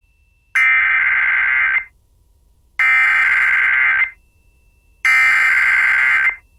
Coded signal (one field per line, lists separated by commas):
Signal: Emergency Alert System (SAME) tones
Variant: header bursts